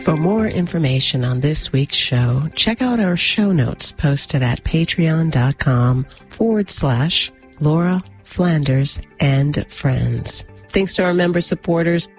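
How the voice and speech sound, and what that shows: An adult radio host reads a brief broadcast sign-off in clear, fluent, evenly paced speech: ordinary voice, no speech disorder.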